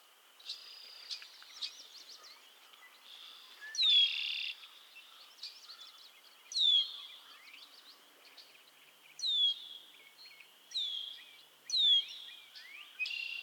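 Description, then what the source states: Frog chorus of buzzy bursts over a steady high trill, with sharp falling notes repeating every two to three seconds. Chorus of frogs calling to one another on a summer evening at Miners Marsh, Annapolis Valley, Nova Scotia.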